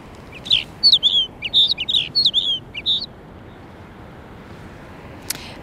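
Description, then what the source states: Snow bunting calling: a quick run of high, clear chirps and short whistled notes over about two and a half seconds, then quiet hiss and one brief click. Played as a radio quiz sound; at this time of year found only at high altitude, in mountains where snow remains.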